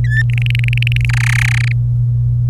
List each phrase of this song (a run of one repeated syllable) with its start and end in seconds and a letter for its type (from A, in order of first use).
0.04-0.23 A, 0.30-1.05 B, 1.09-1.72 C